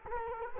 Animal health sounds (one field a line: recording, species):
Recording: mosquito wingbeat signal from an infrared sensor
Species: Culex quinquefasciatus